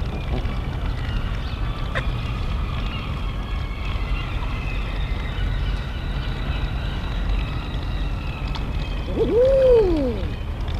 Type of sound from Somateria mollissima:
call